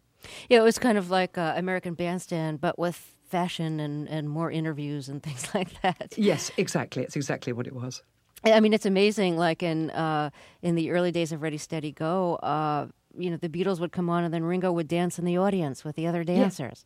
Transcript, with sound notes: Yeah, it was kind of like "American Bandstand," but with fashion and more interviews and things like that (laughter).
Yes, exactly. That's exactly what it was.
I mean, it's amazing. Like, in the early days of "Ready Steady Go!," you know, The Beatles would come on, and then Ringo would dance in the audience with the other dancers.